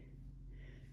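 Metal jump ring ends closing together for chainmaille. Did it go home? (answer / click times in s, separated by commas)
no / none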